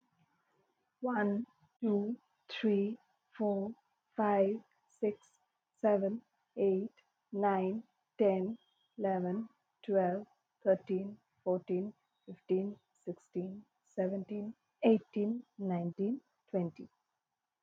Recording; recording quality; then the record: counting at a normal pace; excellent, no background noise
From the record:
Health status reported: healthy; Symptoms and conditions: none ticked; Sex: female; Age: 29 years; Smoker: not ticked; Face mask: not worn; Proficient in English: yes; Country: India